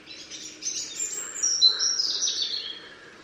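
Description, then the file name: European robin singing one continuous high, tinkling phrase of quick sliding and trilled notes that rises and falls for about three seconds, over a low steady background hum. "Erithacus rubecula"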